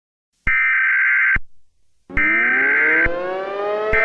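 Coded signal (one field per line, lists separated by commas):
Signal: Emergency Alert System (SAME) tones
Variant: header bursts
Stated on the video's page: Fictional mini EAS scenario alert, not a real broadcast.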